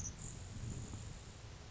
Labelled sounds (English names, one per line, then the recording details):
Grasshopper Sparrow
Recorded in Sonoma County, California